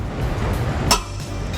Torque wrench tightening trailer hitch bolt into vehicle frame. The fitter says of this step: we'll just keep tithing you until we hear that click just